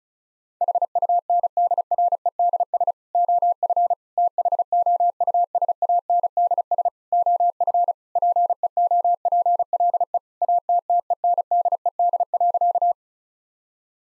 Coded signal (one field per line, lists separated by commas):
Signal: Morse code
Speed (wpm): 36 wpm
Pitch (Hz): 700 Hz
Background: none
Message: HUNDREDS OF THOUSANDS OF PEOPLE ATTENDED.